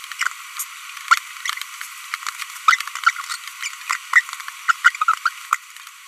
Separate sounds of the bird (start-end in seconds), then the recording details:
2.68-2.75, 3.90-3.96, 4.13-4.20, 4.68-4.71, 4.85-4.90, 5.01-5.04, 5.25-5.29, 5.51-5.55. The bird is a female. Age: 25 days. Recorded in a nest box in Venezuela. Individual 17B42B1